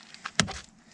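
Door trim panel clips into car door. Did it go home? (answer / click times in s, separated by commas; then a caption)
partly / 0.4 s. A plastic door trim panel on a Dodge Charger is pressed back onto its clips and tabs in the car door. A few faint taps lead up to a sharp knock at 0.4 s, followed by a short low rumble that fades out. The panel clip is not fully seated, and the panel has not gone all the way in.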